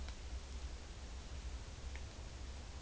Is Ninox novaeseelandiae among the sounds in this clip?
no